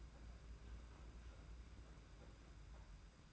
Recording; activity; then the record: daily activity, microphone in the room; open fridge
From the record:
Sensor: 2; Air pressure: 991.7 hPa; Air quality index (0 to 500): 221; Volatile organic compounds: 1000 ppm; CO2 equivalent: 7383 ppm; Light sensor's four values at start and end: 26/83/32/30 and 26/83/32/30